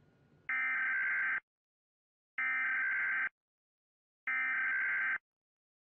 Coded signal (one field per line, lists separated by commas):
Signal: Emergency Alert System (SAME) tones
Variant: header bursts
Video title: EAS Scenario/Mock #2 - Black Hole Approach